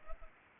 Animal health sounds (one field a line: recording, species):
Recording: mosquito wingbeat signal from an infrared sensor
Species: Culex pipiens